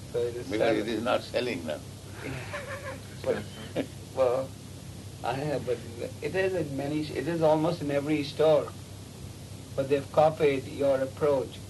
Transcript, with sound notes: So it is...
Because it is not selling now. [laughter]
I have, but it is in many..., it is in almost every store. But they have copied your approach.